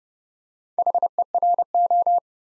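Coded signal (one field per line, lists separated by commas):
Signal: Morse code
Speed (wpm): 30 wpm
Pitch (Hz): 700 Hz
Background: none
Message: HERO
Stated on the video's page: Morse code practice at 30 wpm, building 4-letter words two letters at a time for instant character recognition.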